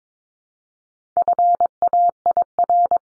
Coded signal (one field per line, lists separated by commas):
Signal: Morse code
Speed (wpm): 22 wpm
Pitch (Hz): 700 Hz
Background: none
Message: FAIR